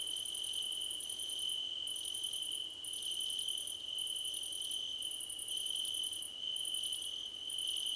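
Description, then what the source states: Crickets chirping, a sustained high ringing tone with bursts of fast pulses coming in groups with short silences between. Crickets in a choir competition.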